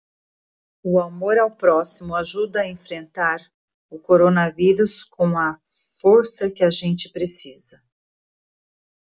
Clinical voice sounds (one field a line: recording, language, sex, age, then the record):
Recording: spoken sentence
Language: Brazilian Portuguese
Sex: female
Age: 40 to 49 years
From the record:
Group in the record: control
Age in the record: 49 years